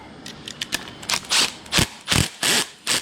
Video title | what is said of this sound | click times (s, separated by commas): The BEST Electric Vehicle (EV) Charger NEMA 14-50 Outlet? We Tested Lider vs Hubbell & Leviton | Oh man, that stripped out right away. | none